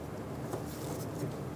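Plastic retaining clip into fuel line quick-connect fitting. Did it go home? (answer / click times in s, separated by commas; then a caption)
no / none. A plastic retaining clip is handled at a fuel line quick-connect fitting during a fuel filter replacement on a 2000-2007 Ford Focus. Only steady low handling noise is heard, with no distinct snaps. Nothing has seated or clicked yet; the clip is not yet in its fully locked position.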